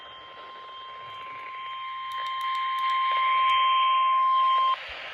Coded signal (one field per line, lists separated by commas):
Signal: Emergency Alert System (SAME) tones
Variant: 1050 Hz attention tone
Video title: Severe Thunderstorm Warning (EAS #491)